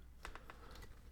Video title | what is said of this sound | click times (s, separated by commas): Leatherman Wave Gets Scissors! Driver Upgrade and Rebar Pocket Clip! | And it will lock into place. | 0.2 s